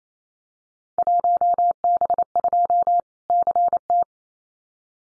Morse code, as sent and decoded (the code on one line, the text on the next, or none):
.---- -... ..--- / -.-. -
1B2 CT